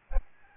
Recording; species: mosquito wingbeat signal from an infrared sensor; Aedes albopictus